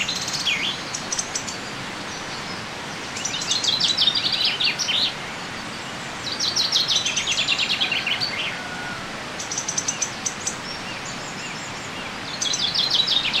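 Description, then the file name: Common chaffinch song repeated about every three seconds, each phrase a fast, bright, downward-tumbling series of notes, over steady background hiss. "Fringilla coelebs"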